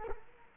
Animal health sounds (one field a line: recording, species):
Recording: mosquito wingbeat signal from an infrared sensor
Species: Culex quinquefasciatus